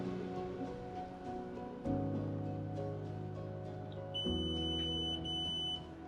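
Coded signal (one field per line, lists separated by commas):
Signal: beep code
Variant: ventilation control box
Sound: a steady high beep of about one second, then a shorter beep, over a low hum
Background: fan or machine hum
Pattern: 1 long, 1 short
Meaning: The system is in wireless sensor pairing mode again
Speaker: You hear there was a long beep followed by a short beep, which basically puts the system into pairing mode again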